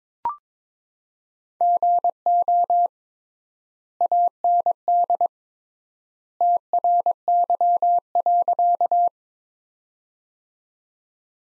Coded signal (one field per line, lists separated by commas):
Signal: Morse code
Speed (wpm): 22 wpm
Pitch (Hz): 700 Hz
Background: none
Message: GO AND TRY.